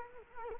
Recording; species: mosquito wingbeat signal from an infrared sensor; Culex quinquefasciatus